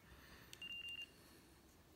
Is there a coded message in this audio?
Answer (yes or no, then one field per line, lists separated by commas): no